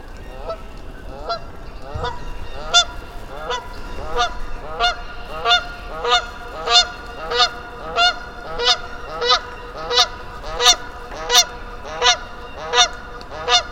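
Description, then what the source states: Goose honking, a long rapid series of harmonic honks, irregular and overlapping at first, then steadier. Goose on frozen bog, Mud Pond nature refuge, Vermont, early spring; companions arrived from the south and he perked up; about 15 minutes of goose conversation; parabolic microphone on stand.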